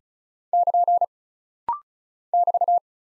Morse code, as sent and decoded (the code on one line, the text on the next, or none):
-.--. / -...-
<KN> <BT>